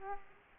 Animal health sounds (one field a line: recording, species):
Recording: mosquito wingbeat signal from an infrared sensor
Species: Aedes aegypti